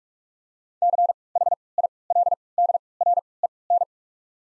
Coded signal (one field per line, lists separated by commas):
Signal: Morse code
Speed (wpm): 46 wpm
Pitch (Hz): 700 Hz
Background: none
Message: C H I L D R E N